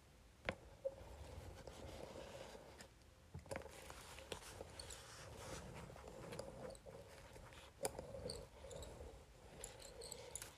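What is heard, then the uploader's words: A facial roller rolls across paper, giving a steady, dense rustling scrape with a faint, even whine running underneath. Sharp clicks and taps break through at irregular moments, strongest near the half-second mark, around 3.5 seconds and just before 8 seconds. Facial Roller on Paper.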